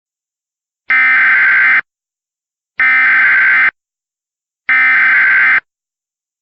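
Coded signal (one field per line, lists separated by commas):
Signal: Emergency Alert System (SAME) tones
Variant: header bursts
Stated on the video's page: Valid EAS tones in a compilation of Hurricane Dorian alerts.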